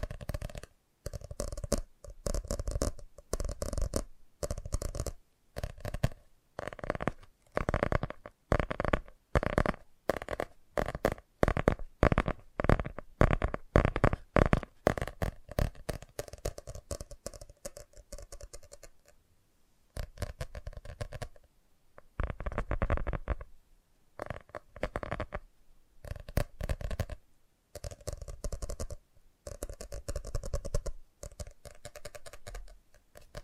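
Fast tapping in quick, dense bursts of sharp clicks, steady for the first twenty seconds, then broken into shorter clusters with brief pauses.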